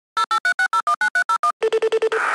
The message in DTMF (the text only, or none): 0836019301